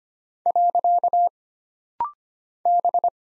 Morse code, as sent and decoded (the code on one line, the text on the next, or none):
.-.-.- / -...
. B